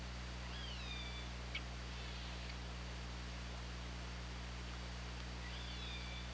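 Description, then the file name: Killer whale pulsed calls, two harmonic calls, one near the start and one near the end, with a single click between, over steady hiss and low hum. OrcaLab recording made 24 August 2017 at 19:28. "Orca Lab UTLN JASON 20170824 192850"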